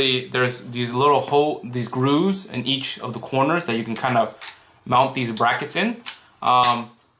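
A plastic mounting bracket is handled at the corner grooves of a Coralife Turbo Twist 3x UV 4K UV sterilizer housing while someone talks throughout. Only speech and faint handling sounds are heard. Nothing has seated or clicked yet.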